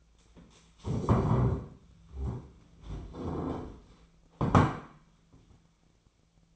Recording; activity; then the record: daily activity, microphone in the room; stand up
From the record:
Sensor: 1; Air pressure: 1008.2 hPa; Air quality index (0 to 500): 191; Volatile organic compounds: 17 ppm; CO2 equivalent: 2590 ppm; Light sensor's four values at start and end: 14/35/14/16 and 14/34/14/16